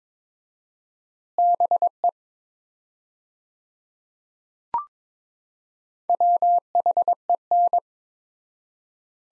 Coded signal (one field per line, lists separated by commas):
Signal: Morse code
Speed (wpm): 22 wpm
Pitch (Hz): 700 Hz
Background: none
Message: BE WHEN